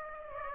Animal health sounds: mosquito wingbeat signal from an infrared sensor; Aedes aegypti

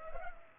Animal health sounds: mosquito wingbeat signal from an infrared sensor; Culex pipiens

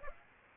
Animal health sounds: mosquito wingbeat signal from an infrared sensor; Aedes aegypti

